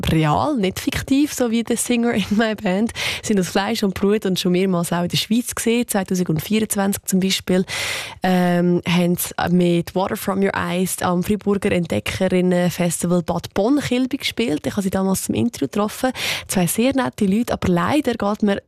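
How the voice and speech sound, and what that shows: An adult radio host speaks fluent German at an even, lively pace with a clear, steady voice; ordinary speech.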